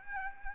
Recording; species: mosquito wingbeat signal from an infrared sensor; Aedes albopictus